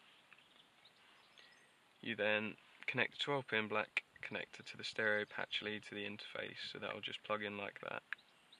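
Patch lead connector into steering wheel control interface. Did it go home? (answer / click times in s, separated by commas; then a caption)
no / none. Someone talks while plugging the black 12-pin connector on the stereo patch lead into the Connects2 steering wheel control interface, while fitting a Sony XAV-AX1000 head unit in an Audi A3 8P. A couple of faint handling ticks come before the speech over low background noise. The connector has not seated or clicked yet by the end of the clip.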